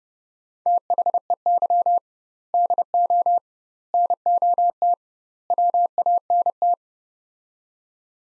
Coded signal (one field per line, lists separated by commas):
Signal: Morse code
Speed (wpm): 32 wpm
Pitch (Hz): 700 Hz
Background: none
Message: THEY DO NOT WANT